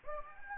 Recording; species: mosquito wingbeat signal from an infrared sensor; Anopheles gambiae